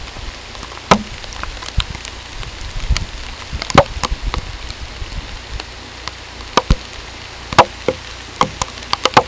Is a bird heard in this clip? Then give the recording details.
no. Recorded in pastures near Puerto Asís, Putumayo, Colombia, on 18 December 2024 at 23:00. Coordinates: 0.486, -76.323. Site GP01